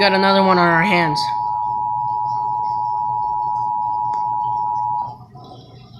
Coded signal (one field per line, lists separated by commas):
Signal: Emergency Alert System (SAME) tones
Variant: 853 and 960 Hz attention tone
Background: speech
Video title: Emergency Alert System Catch #1: Severe Thunderstorm Warning on 8/16/20